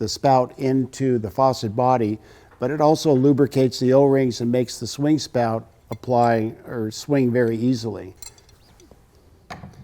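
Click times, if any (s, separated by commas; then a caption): none. Someone talks while handling a lubricated swing spout with O-rings, lining it up to push into a wall-mount faucet body. A few faint, short taps follow near the end as the speech stops. Nothing has seated or clicked yet.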